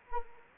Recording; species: mosquito wingbeat signal from an infrared sensor; Anopheles arabiensis